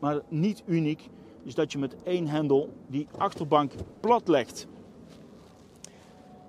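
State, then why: Seated. On a 2021 Hyundai Tucson SUV, the rear seatback is folded flat from the boot using a release lever while someone talks. A single sharp click is heard at 5.8 s as the seatback latch in the cargo floor locks it flat, holding it in place so it does not keep bouncing.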